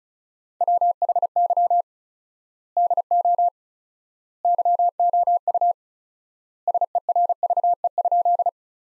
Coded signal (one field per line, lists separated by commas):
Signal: Morse code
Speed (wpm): 36 wpm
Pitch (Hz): 700 Hz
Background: none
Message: WHY DO YOU SERVE?